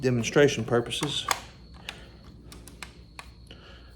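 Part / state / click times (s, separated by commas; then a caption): detachable magazine into pump-action rifle magazine well / not seated / none. Someone talks, then a detachable box magazine is deliberately pushed into the magazine well of a Remington pump-action rifle without being seated fully, to show a common mistake. Only faint, sharp ticks and small handling sounds are heard between about 1.9 and 3.5 s. The magazine has not clicked or latched; the latch has not caught.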